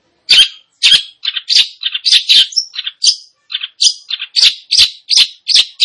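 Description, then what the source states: Long-tailed shrike song: a rapid series of harsh, buzzy chirps and scratchy notes, repeated steadily with short gaps, plus one brief whistled slur. Indonesian name cendet; described as gacor, actively and vigorously singing.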